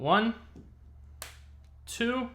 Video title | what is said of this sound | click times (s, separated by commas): Benks Armor Pro for iPhone 15 Pro Max - EXCELLENT As Always! | four all four corners sound very good nice secure click onto all four corners so | 1.2 s